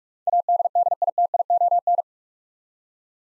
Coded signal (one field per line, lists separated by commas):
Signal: Morse code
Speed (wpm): 46 wpm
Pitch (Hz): 700 Hz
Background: none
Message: ADDITION